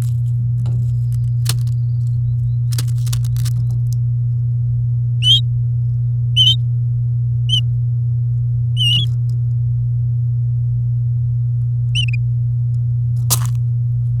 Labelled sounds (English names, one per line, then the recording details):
Domestic Canary song
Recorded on 8 May 2018 at 07:11
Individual llb16